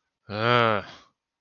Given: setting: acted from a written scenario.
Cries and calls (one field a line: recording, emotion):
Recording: vocal sound without words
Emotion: anger